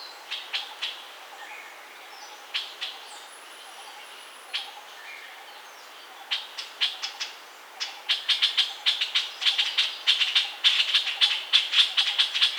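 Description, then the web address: Puff-throated bulbul calling with scattered grating notes that become faster and louder toward the end. "Puff throated bulbul. صدای-بلبل-گلو-پفی"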